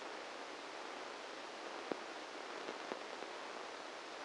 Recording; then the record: brain microelectrode recording played as sound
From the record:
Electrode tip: outside the subthalamic nucleus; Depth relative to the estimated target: -10 mm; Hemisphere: right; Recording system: NeuroSet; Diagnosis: Parkinson's disease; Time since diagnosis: 8 years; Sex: male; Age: 58 years